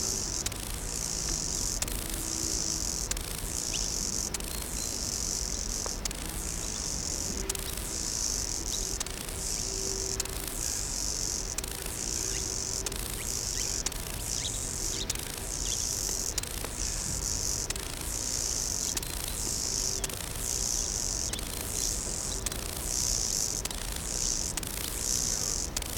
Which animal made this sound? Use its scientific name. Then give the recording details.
Chorthippus albomarginatus. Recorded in the wild. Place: Eutin, Holsteinische Schweiz, Schleswig-Holstein, DE. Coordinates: 54.132, 10.614. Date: 1992-09-10 12:12. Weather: wolkig-heiter, 17°C. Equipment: Marantz CP 430, Sennheiser ME 80, Kopie Tesla B 116. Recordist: Tembrock, Günter